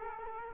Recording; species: mosquito wingbeat signal from an infrared sensor; Culex quinquefasciatus